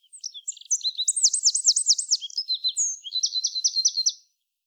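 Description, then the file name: Eurasian wren song, a vigorous stream of high, piercing notes with a fast trill in the middle and a second rattling trill at the end. "Troglodytes troglodytes"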